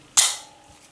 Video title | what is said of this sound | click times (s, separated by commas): New Lionheart Industries Magazine (LH9N) | good clicks right into position so there you go very easy to maintain | 0.2 s